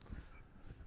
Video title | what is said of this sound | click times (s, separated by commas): National Cycle P9305 Luggage Rack Installation for 2018-Later Yamaha MT-07 | Slide it forward. Push it down till it clicks. | 0.0 s